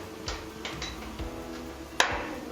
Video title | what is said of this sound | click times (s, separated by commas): Kacang Almond & Biji Bijian bisa Kering dengan waktu Cepat!! Rotary Dryer 300Kg Stainless Foodgrade | Ini bisa dikaitkan dengan penguncinya seperti ini. Nah, jika sudah terkunci seperti ini, | 2.0 s